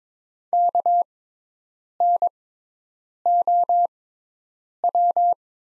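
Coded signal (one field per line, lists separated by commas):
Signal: Morse code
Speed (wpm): 22 wpm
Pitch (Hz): 700 Hz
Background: none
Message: KNOW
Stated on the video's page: Morse practice of the top 200 words at 22 wpm with Farnsworth-style 6x character spacing.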